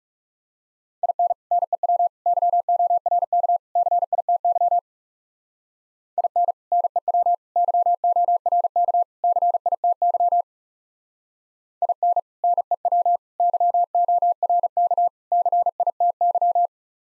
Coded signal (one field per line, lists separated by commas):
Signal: Morse code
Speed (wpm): 36 wpm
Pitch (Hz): 700 Hz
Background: none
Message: IN NEW YORK CITY IN NEW YORK CITY IN NEW YORK CITY